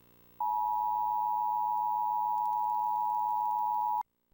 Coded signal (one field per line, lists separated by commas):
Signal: Emergency Alert System (SAME) tones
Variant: 853 and 960 Hz attention tone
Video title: WMPB Emergency Alert System - Required Monthly Test (March 30, 2022)